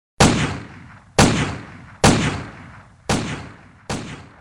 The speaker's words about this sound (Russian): Выстрелы пистолета воспринимались на слух как резкие звонкие щелчки, как удары плеткой.